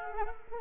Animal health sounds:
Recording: mosquito wingbeat signal from an infrared sensor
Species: Culex quinquefasciatus

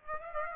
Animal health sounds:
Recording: mosquito wingbeat signal from an infrared sensor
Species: Aedes aegypti

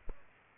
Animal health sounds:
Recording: mosquito wingbeat signal from an infrared sensor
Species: Aedes aegypti

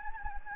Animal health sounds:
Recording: mosquito wingbeat signal from an infrared sensor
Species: Anopheles gambiae

